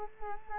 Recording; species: mosquito wingbeat signal from an infrared sensor; Culex quinquefasciatus